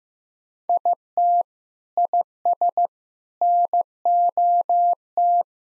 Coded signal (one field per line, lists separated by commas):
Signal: Morse code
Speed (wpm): 15 wpm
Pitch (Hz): 700 Hz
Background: none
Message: IT IS NOT